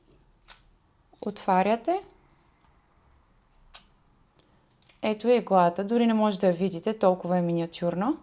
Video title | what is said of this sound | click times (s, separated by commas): КАК ПОДДЪРЖАМ МЛАДА КОЖА - ПЕПТИДИ, ХРАНА И КОЗМЕТИКА | Отваряте иглата, поставяте, завъртате до щракване, | 0.5 s